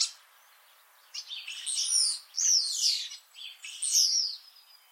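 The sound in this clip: Common starling song: after a short quiet spell, several bursts of high, squeaky, wheezing chatter.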